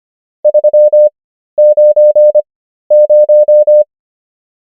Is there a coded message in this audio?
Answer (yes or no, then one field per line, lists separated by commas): yes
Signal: Morse code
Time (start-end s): 0.5-3.8 s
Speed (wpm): 25 wpm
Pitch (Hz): 600 Hz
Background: none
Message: 390